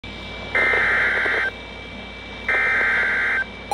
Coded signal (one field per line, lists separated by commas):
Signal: Emergency Alert System (SAME) tones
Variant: header bursts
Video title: EAS #2965-2966 Severe Thunderstorm Warning on KXI41 and WZOK 6-22-24